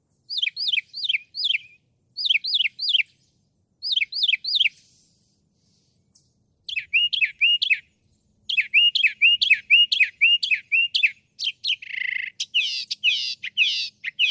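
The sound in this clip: Northern mockingbird song, varied phrases: quick descending notes in bursts of three or four, then longer runs of other note types after short silences.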